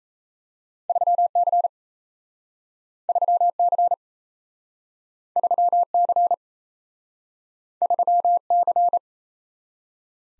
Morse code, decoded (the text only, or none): 3C 3C 3C 3C